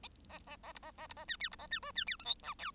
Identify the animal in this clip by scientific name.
Lonchura striata domestica